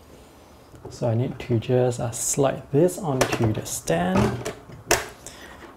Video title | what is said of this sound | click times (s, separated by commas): Unboxing Dell U3219Q 4K Monitor | I hear a click and it's on the Sten | 4.9 s